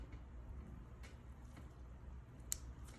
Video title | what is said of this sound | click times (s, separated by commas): 깊이조절실패로 발생하는 퍼짐현상 이제 가이드가 해결해 드립니다 | 딸깍네 딸깍 소리가 나면은 이제는 안 빠지 니다 | 2.5 s